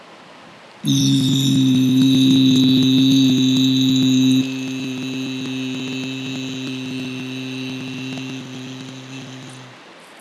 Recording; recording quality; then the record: sustained vowel as in beet; poor, much background noise or distortion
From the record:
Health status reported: exposed to COVID-19, no respiratory illness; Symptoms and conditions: none ticked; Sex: male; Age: 25 years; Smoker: yes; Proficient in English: yes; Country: India